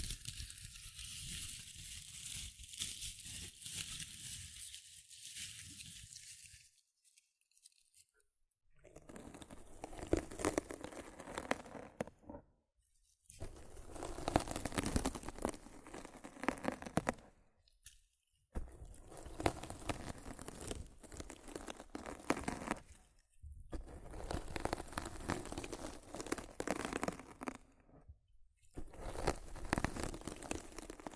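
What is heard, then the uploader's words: Rough scratching and brushing against a microphone comes in dense crackling bursts of several seconds each, separated by short silences, starting with a softer hiss. Rough Mic Scratching & Brushing (No Talking).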